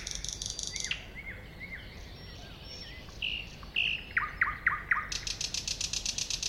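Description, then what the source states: Thrush nightingale song: a dry rattle, soft slurred notes, then loud repeated whip-like notes and a long, steady buzzing rattle to finish. Recorded at a woodland edge next to a lake, 2001.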